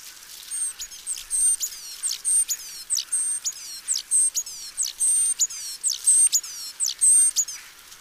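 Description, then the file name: Great tit giving high-pitched whistled notes and quick descending squeaks in an uneven, continuous sequence. "Parus major"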